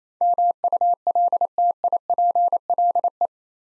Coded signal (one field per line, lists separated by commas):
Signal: Morse code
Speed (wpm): 28 wpm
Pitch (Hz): 700 Hz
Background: none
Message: MULTIPLE